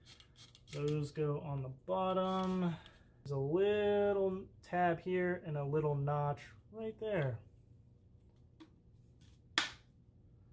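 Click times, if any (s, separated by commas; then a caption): 9.6 s. During the fix of a broken Ryobi cordless pole saw, someone talks while lining up a small tab with a notch on the pole tube section and pushing it into the pole saw assembly. After a quiet pause, the tube section seats with one loud, sharp click at 9.6 s.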